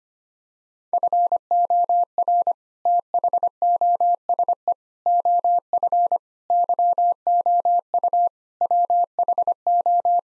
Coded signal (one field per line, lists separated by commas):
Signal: Morse code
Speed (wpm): 25 wpm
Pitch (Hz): 700 Hz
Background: none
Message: FOR THOSE OF YOU WHO